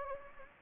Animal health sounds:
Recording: mosquito wingbeat signal from an infrared sensor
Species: Anopheles gambiae

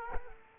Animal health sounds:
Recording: mosquito wingbeat signal from an infrared sensor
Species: Culex quinquefasciatus

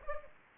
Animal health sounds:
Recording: mosquito wingbeat signal from an infrared sensor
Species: Aedes aegypti

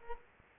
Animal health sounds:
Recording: mosquito wingbeat signal from an infrared sensor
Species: Culex pipiens

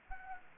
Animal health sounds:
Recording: mosquito wingbeat signal from an infrared sensor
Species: Anopheles arabiensis

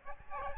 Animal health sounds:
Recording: mosquito wingbeat signal from an infrared sensor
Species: Aedes albopictus

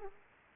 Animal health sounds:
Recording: mosquito wingbeat signal from an infrared sensor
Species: Aedes aegypti

